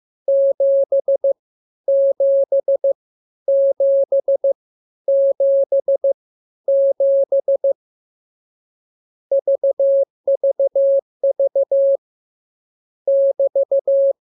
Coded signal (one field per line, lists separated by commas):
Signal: Morse code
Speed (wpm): 15 wpm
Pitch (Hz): 550 Hz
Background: none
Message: 7 7 7 7 7 VVV <BT>